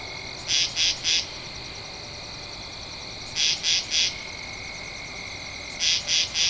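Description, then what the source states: Katydid call, groups of three harsh buzzy pulses high in pitch, repeated roughly every two and a half seconds over a faint continuous high drone. Recorded 2 October 2012.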